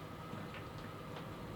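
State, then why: Not seated. A plastic part is fitted onto the leg of a Bandai Mobility Joint Gundam Zaku II MJ & High Mobility EX mini model kit, heard over a steady low hum with a faint high tone and only soft, indistinct handling ticks. No snap or click has sounded yet; the part does not snap in and is just sitting on there.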